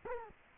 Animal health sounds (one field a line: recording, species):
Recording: mosquito wingbeat signal from an infrared sensor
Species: Culex quinquefasciatus